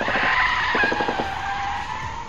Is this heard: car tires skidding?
yes